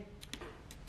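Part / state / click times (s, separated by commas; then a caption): cable lock head into laptop security slot / not seated / none. A Noble wedge-type cable lock head is pushed fully into the security lock slot of a Dell G7 laptop and its little latch is pressed. Only a few light ticking taps from handling are heard, around 0.2, 0.3, 0.7 and 0.9 seconds. Nothing has clicked or seated yet, and the lock fails to lock in.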